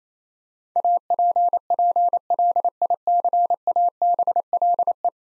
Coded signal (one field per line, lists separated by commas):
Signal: Morse code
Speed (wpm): 28 wpm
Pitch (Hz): 700 Hz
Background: none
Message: APPLICABLE